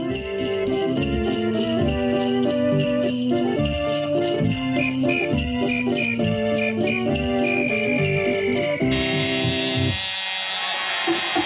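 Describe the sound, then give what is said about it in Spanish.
Chords of arena organ music play steadily at an ice hockey game, then near the end a loud, harsh, sustained buzzer cuts in to end the first period and holds its flat tone to the end. “ahí va el zumbador que termina el primer periodo.”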